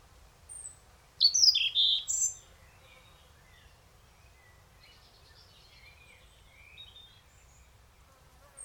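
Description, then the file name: European robin song: a short burst of thin, high, warbled notes, then near silence with a few faint twitters. "Erithacus rubecula"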